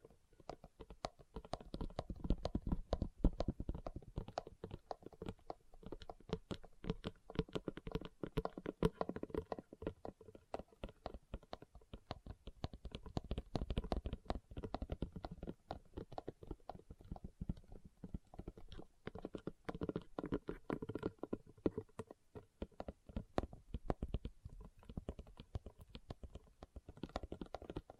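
Leather is tapped and scratched in a quick, dense, uneven stream of small clicks and rubs that runs the whole time without pause. The taps are crisp and bright at the top, over a soft, low, rustling scrape that swells and fades in patches.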